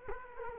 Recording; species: mosquito wingbeat signal from an infrared sensor; Culex quinquefasciatus